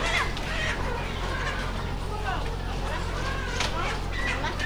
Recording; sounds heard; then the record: poultry house recording; healthy chickens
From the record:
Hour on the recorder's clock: 2